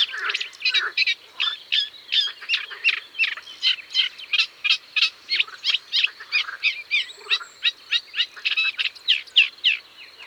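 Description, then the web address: Eurasian reed warbler delivering grating, repetitive song notes at about three per second over a quiet background. "Rousserolle effarvatte. album abc-de-la-nature"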